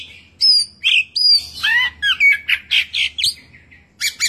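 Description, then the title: Oriental magpie-robin song: a rapid run of varied whistles, slurred notes and harsh chips, bright and high, in short bursts with a brief pause near the end. "Kacer"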